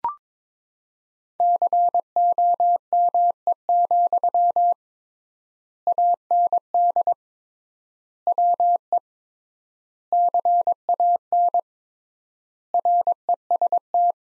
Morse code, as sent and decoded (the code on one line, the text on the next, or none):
-.-. --- -- . --..-- / .- -. -.. / .-- . / -.-. .- -. / .-. . ... -
COME, AND WE CAN REST